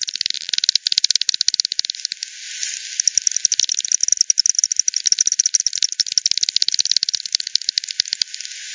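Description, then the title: Bats echolocating, heard as fast, even trains of clicking ticks running almost continuously, several pulse streams overlapping at times. Multiple bats at Hogsmill River, Hogsmill Lane, 7 October 2020, 18:10 UTC; recorded via frequency division by ten, bandpass filtered, resampled. "WW bat 20201007 T 18 : 10 Z-Hogsmill-Lane-Hogsmill-River-multiple-bats"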